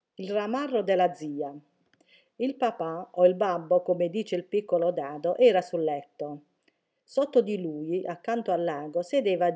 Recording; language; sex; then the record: read passage; Italian; female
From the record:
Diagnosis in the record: healthy control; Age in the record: 61 years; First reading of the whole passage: 59 s, 8.5 characters per second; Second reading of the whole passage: 54 s, 7.6 characters per second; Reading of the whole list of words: 57 s, 4.9 characters per second